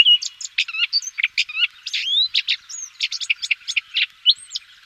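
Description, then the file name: Common whitethroat giving a hurried jumble of scratchy notes and thin whistled slurs, steady and quick throughout. "pěnice-hnědokřídlá"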